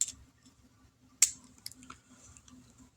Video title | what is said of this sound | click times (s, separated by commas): Transformers Studio Series ROTB Bumblebee | go ahead and bring the arms out and they'll snap into place. | 0.0 s, 1.2 s